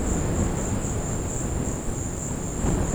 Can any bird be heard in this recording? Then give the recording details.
no. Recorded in secondary vegetation near Puerto Asís, Putumayo, Colombia, on 19 March 2025 at 15:30. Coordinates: 0.481, -76.318. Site G097